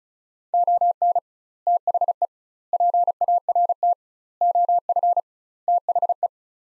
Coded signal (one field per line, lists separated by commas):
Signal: Morse code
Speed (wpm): 36 wpm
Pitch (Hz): 700 Hz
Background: none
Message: ON THE PART OF THE